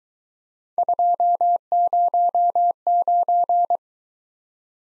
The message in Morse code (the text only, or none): 209